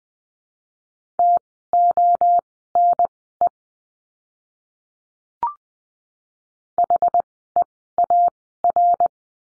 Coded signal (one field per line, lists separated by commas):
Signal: Morse code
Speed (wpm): 20 wpm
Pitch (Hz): 700 Hz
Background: none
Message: TONE HEAR